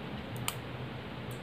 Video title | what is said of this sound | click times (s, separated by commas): Pembahasan Karakteristik Pen Lancing Device / Pen Lancet Berbagai Merek Alkes Secara Mendasar | bunyi klik baru-baru terkunci ya ini terkunci dalam | 0.5 s